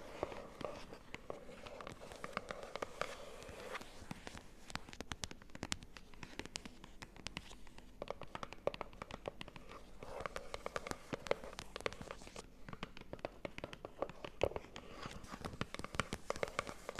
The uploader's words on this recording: ASMR Cardboard Taps! (No Talking).